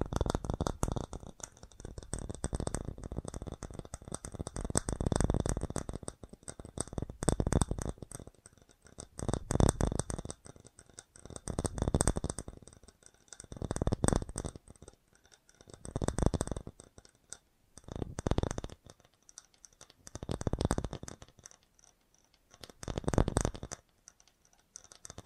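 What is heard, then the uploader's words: Fast tapping in dense, rapid bursts that swell and fade, each lasting one to two seconds, with short pauses between them. The taps are mostly low and dull, with a faint high ringing tone running steadily behind them. FAST TAPPING (No Talking).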